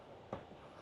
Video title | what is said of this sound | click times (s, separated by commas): Caravan, Camping & Motorhome Show - NEC 2025 - We Met Robbie Roams | Does that lock into place? Yeah, there you go. | 0.3 s